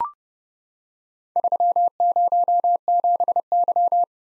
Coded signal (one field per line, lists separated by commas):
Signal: Morse code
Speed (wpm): 30 wpm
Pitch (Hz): 700 Hz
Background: none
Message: 307Y